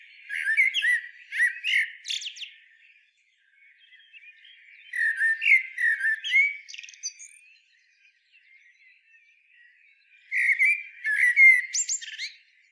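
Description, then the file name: Eurasian blackbird song: three bursts of rich, rolling fluted notes, each ending in thin, high twittering, separated by short pauses. "Turdus merula"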